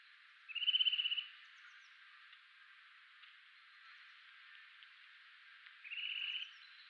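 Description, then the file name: Eurasian nuthatch giving a fast trill of piping notes under a second long, repeated about five seconds later against quiet background hiss. "Sitta europaea"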